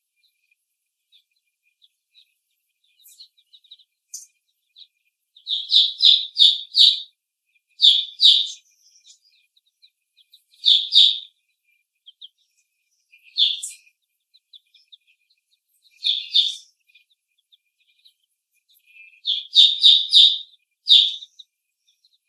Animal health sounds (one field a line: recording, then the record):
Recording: young laying hens in a cage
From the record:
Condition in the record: before the stressor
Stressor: simulated dog barking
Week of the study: 1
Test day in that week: 1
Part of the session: 1